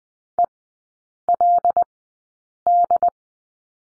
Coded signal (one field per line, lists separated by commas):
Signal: Morse code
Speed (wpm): 20 wpm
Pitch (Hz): 700 Hz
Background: none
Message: ELD